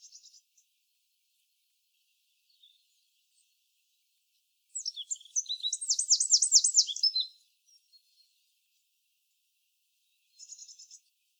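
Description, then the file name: Eurasian wren song: a loud, high burst of about two and a half seconds, full of sharp notes and a fast rattling trill, with short faint trills at the start and end. "Troglodytes troglodytes"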